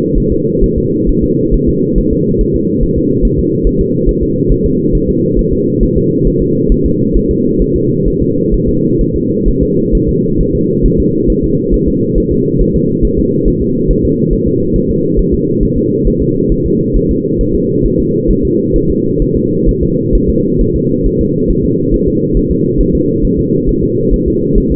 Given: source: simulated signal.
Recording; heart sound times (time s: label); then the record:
fetal heart sounds
0.18 s: S1
0.32 s: S2
0.64 s: S1
0.78 s: S2
1.09 s: S1
1.24 s: S2
1.54 s: S1
1.69 s: S2
1.98 s: S1
2.13 s: S2
2.41 s: S1
2.56 s: S2
2.83 s: S1
2.98 s: S2
3.25 s: S1
3.39 s: S2
3.67 s: S1
3.81 s: S2
4.09 s: S1
4.23 s: S2
4.52 s: S1
4.66 s: S2
4.95 s: S1
5.09 s: S2
5.39 s: S1
5.53 s: S2
5.83 s: S1
5.97 s: S2
6.27 s: S1
6.42 s: S2
6.72 s: S1
6.86 s: S2
7.17 s: S1
7.31 s: S2
7.62 s: S1
7.76 s: S2
8.08 s: S1
8.22 s: S2
8.54 s: S1
8.69 s: S2
9.01 s: S1
9.16 s: S2
9.48 s: S1
9.63 s: S2
9.95 s: S1
10.09 s: S2
10.41 s: S1
10.55 s: S2
10.86 s: S1
11.00 s: S2
11.30 s: S1
11.44 s: S2
11.74 s: S1
11.88 s: S2
12.18 s: S1
12.32 s: S2
12.61 s: S1
12.76 s: S2
13.05 s: S1
13.19 s: S2
13.48 s: S1
13.62 s: S2
13.91 s: S1
14.05 s: S2
14.33 s: S1
14.47 s: S2
14.76 s: S1
14.90 s: S2
15.19 s: S1
15.34 s: S2
15.63 s: S1
15.77 s: S2
16.07 s: S1
16.22 s: S2
16.52 s: S1
16.66 s: S2
16.97 s: S1
17.11 s: S2
17.41 s: S1
17.55 s: S2
17.86 s: S1
18.00 s: S2
18.31 s: S1
18.45 s: S2
18.76 s: S1
18.90 s: S2
19.22 s: S1
19.36 s: S2
19.69 s: S1
19.83 s: S2
20.15 s: S1
20.30 s: S2
20.61 s: S1
20.76 s: S2
21.06 s: S1
21.21 s: S2
21.50 s: S1
21.65 s: S2
21.94 s: S1
22.08 s: S2
22.37 s: S1
22.51 s: S2
22.81 s: S1
22.95 s: S2
23.25 s: S1
23.39 s: S2
23.69 s: S1
23.83 s: S2
24.14 s: S1
24.28 s: S2
24.58 s: S1
24.72 s: S2
From the record:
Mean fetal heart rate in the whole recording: 135 bpm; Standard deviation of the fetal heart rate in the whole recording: 3 bpm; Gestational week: 36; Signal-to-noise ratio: -11.2 dB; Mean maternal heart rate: 72 bpm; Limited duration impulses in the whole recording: present